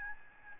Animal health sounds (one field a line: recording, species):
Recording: mosquito wingbeat signal from an infrared sensor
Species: Aedes albopictus